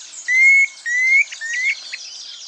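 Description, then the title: Planalto tyrannulet calls: three slightly rising whistled notes in quick succession, with faint high chirps in the background. Subspecies Phyllomyias fasciatus brevirostris. "LuckyPassaro Completos2Sama. Planalto Tyrannulet (Phyllomyias fasciatus brevirostris)"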